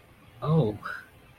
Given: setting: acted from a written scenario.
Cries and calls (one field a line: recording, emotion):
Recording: vocal sound without words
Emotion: embarrassment